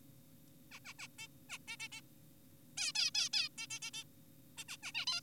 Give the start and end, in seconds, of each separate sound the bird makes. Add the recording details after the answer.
0.72-0.79, 0.85-0.94, 0.99-1.08, 1.19-1.28, 1.50-1.58, 1.68-1.77, 1.80-1.88, 1.92-2.01, 2.78-2.92, 2.95-3.10, 3.15-3.29, 3.34-3.49, 3.58-3.67, 3.70-3.79, 3.82-3.91, 3.94-4.04, 4.58-4.64, 4.69-4.77, 4.83-4.92, 4.95-5.06, 5.07-5.21. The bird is an adult. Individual g4p5U